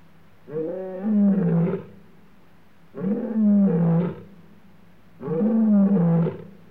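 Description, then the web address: Lion roaring: three long, deep roars, each rising then falling slightly in pitch, with no other sounds. Male lion roaring in Africa, recorded against a clean background. "Sound Effects Library-30 (Africa- The Natural World) 14 Male Lion roaring"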